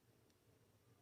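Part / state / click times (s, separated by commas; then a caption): brass jet into carburetor body threads / not seated / none. A small brass carburetor jet for a pit bike is turned backwards (counter-clockwise) in its threaded bore in the carburetor body, so it can find the thread start and thread in without cross-threading. Only faint, low handling noise is heard over a steady hum, and nothing has seated or clicked yet.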